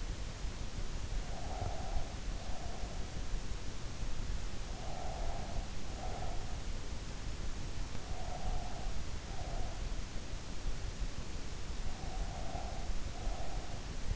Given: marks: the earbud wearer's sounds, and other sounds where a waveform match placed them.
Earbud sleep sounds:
sounds in sleep by an in-ear microphone; breath
1.51-3.14 s: breath
4.77-6.61 s: breath
7.95-10.06 s: breath
11.90-14.10 s: breath

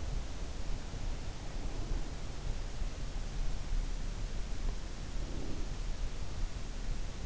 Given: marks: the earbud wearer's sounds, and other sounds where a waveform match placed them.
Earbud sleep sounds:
sounds in sleep by an in-ear microphone; breath
1.38-2.48 s: breath
4.81-6.19 s: breath

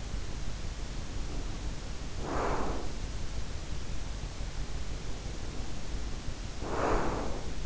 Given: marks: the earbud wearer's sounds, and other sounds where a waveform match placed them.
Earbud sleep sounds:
sounds in sleep by an in-ear microphone; breath
0.78-3.09 s: breath
4.96-7.66 s: breath

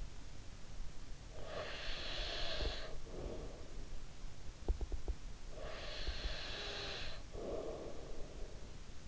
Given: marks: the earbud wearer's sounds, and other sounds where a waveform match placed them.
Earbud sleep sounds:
sounds in sleep by an in-ear microphone; breath
0.66-4.49 s: breath
5.43-9.08 s: breath

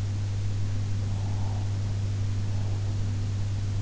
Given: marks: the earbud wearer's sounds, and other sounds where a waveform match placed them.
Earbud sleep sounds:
sounds in sleep by an in-ear microphone; breath
1.03-3.61 s: breath

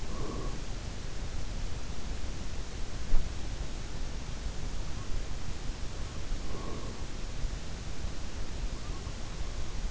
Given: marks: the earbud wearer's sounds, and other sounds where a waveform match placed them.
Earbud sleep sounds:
sounds in sleep by an in-ear microphone; breath
0.00-0.77 s: breath
6.36-7.36 s: breath

